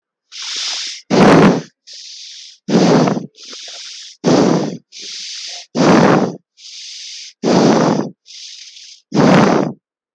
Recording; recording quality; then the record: shallow breathing; excellent, no background noise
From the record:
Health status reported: healthy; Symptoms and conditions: none ticked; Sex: male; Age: 36 years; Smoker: not ticked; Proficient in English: yes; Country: India